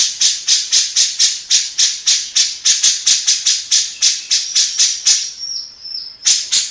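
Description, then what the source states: Grey-cheeked bulbul giving a regular run of scratchy chatter notes, then a soft whistled phrase before one more burst. Long-duration master song, played to train other birds.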